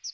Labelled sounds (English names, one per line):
Chestnut-sided Warbler flight call